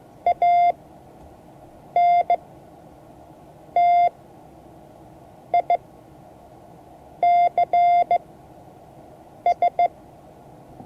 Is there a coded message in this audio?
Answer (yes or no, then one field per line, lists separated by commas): yes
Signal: Morse code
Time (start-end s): 0.3-9.9 s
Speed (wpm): 15 wpm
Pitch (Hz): 690 Hz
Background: none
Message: ANTICS